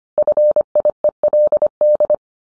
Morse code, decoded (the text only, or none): FIELD